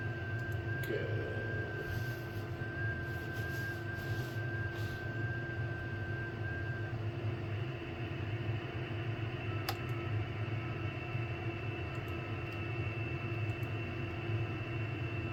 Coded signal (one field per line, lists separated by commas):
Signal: FT8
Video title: icom ic756 pro on ft8 finally. 60m ham radio